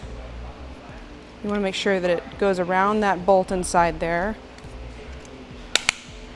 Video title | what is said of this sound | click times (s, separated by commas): etrailer - Installation: Yakima RidgeLine Roof Rack for Flush Rails on a 2018 Hyundai Ioniq | should hear it snap down in there so this is going to give us our hitch | 5.8 s, 5.9 s